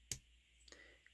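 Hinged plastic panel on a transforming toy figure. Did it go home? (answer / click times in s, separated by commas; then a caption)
yes / 0.1 s. A hinged gray plastic panel on a Transformers Bumblebee Studio Series Core Class Ravage figure is folded down during transformation until it locks, giving a sharp click at 0.1 s. Two much fainter ticks follow at about 0.7 s and 1.1 s. The panel is seated, locked into place.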